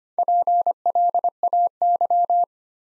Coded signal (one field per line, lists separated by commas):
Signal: Morse code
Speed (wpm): 25 wpm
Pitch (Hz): 700 Hz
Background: none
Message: PLAY